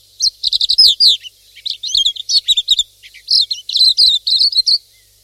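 Pleci silvereye chattering in quick, high, slurred chirps, grouped in short bursts with brief gaps throughout.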